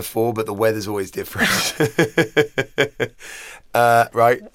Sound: laughter

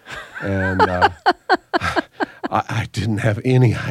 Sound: laughs

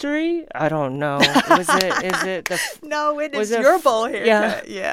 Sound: laughter

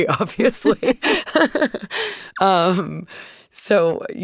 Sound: laughter

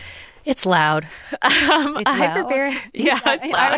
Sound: laughter

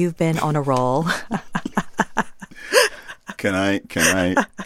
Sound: laughter

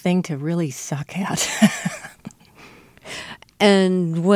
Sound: laughter

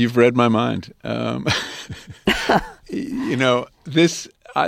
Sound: laughter

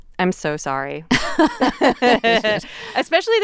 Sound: laughter

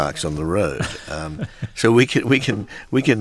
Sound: laughter

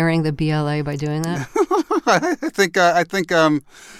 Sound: laughter

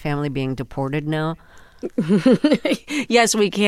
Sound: laughter

